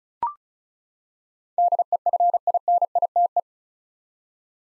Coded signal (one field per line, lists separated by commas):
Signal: Morse code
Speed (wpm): 36 wpm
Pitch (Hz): 700 Hz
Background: none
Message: DEFINITE